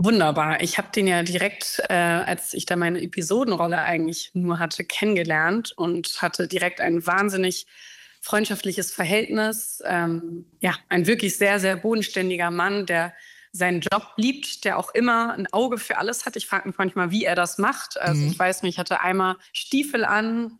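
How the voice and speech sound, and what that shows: Adult woman speaking German in a very smoky, husky voice. Hyperfunctional dysphonia, as named by her speech therapist. The voice quality has been present since childhood, and no disease or nodules were found. Her voice fades after prolonged talking or shouting.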